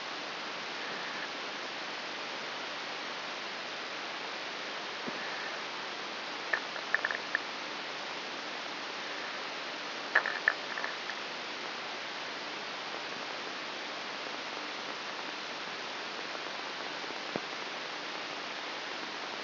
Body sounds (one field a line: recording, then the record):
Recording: brain microelectrode recording played as sound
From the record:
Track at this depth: inside the subthalamic nucleus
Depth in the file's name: 5.401 mm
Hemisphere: right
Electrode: 3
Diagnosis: Parkinson's disease